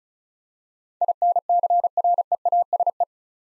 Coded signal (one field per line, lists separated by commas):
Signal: Morse code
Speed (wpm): 36 wpm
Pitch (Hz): 700 Hz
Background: none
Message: INCREASE